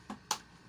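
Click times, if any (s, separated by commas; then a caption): 0.3 s. A replacement earpad is pressed and turned onto a headset earcup on the second attempt until it locks into place. A soft tap is heard at 0.1 seconds, then a sharp, bright click at 0.3 seconds as the earpad seats.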